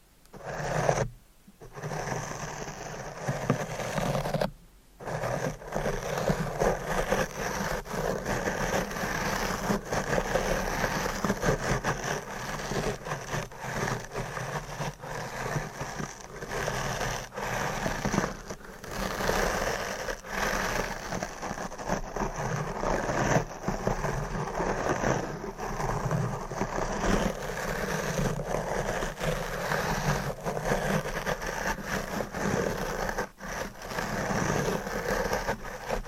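Deep scratching, brushing and stroking on a microphone make a dense, rough rasping that runs almost without pause for the whole clip. Two brief silent gaps break it near the start, around one and five seconds, and a low rumble underlies the texture throughout.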